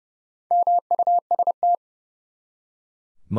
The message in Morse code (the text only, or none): MUST